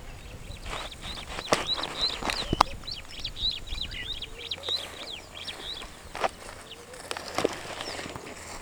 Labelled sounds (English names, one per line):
Superb Starling flight call